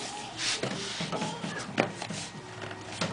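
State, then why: Seated. A flour collection container is twisted onto a grain mill body and tightened, with rubbing and shuffling handling sounds. A sharp click at 1.8 s marks the container seating onto the mill.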